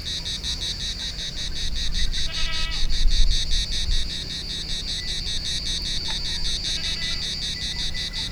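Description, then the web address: Cicada song: a harsh, pulsing buzz beating quickly and evenly, with a brief harmonic call midway and low rumbling noise. Recorded on Thassos, Greece, in 2016. "hanggyujtemeny gorogtaj thassos 2016 ketkaboca kecskekrovarok kecskesut"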